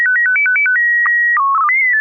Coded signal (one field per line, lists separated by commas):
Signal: SSTV (slow-scan television)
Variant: PD 120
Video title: N6NA SSTV Net - 08/20/2025